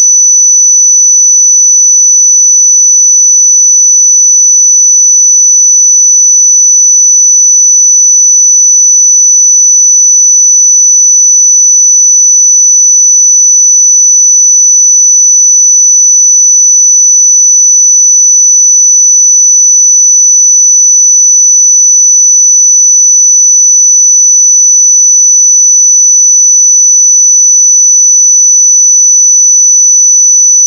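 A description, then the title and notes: A pure sine tone at 5975 Hz holds perfectly steady for the full half minute, a thin, bright, piercing whistle. It never wavers in pitch or loudness, with no pauses, no other sounds and no background noise. 5975 Hz 1 Hz Interval Sine Pure Tone Frequency 441000 Sample Mono.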